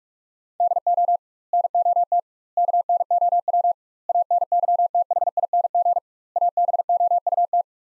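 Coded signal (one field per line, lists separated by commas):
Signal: Morse code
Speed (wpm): 46 wpm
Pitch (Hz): 700 Hz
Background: none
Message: DO NOT KNOW ANYTHING ABOUT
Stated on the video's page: Morse practice of five-word sets sent at 45 WPM with double word spacing, a word-level analogue of Farnsworth spacing, for head-copy training.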